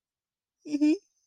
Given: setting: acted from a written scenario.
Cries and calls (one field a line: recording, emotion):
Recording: vocal sound without words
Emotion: sadness